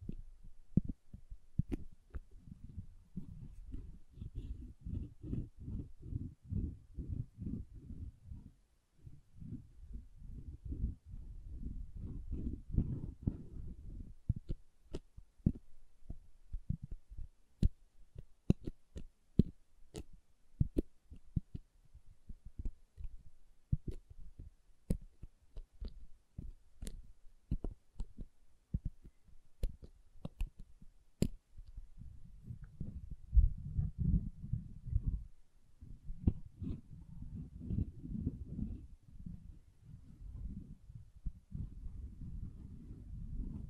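Soft hard soap tapped and carved in dense, rapid low thuds, with sharp clicks scattered throughout and a sparser, quieter stretch mid-clip.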